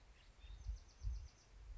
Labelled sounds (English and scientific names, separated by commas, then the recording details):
Bewick's Wren (Thryomanes bewickii)
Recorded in Sonoma County, California